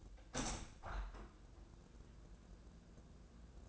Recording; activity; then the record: daily activity, microphone in the room; open window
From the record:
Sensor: 2